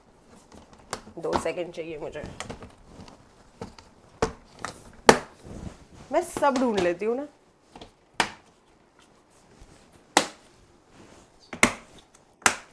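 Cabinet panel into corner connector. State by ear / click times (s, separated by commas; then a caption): seated / 8.2 s, 10.2 s, 11.6 s, 12.5 s. A cabinet panel for a cat cabinet being assembled is pressed into its corner connector joint, and the clicking sound is needed to confirm the joint locks. Someone talks early on, with small knocks and handling noises, then sharp clicks come at 8.2, 10.2, 11.6 and 12.5 seconds. The panel is seated and locked into the connector.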